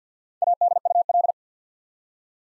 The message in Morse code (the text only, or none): ADUL